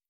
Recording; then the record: hydrophone in a shrimp aquaculture tank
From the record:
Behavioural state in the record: stressed